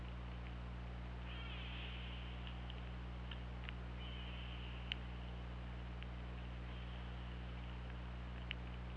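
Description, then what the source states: Killer whale calls, two drawn-out squealing tones a few seconds apart, with scattered clicks and constant low underwater hum. Recorded on the OrcaLab hydrophone, 24 August 2017, 23:47.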